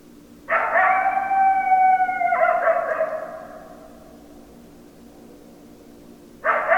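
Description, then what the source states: Coyote howling: a long wavering wail with stacked harmonics that holds, drops in pitch midway and fades, then a second howl starts near the end over a steady low hum. Several coyotes, recorded 10 December 2012.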